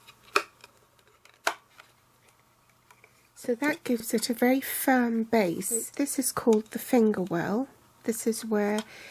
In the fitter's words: just slide it along the channel and then push that until you hear it click so